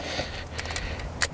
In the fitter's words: here and that just locks into place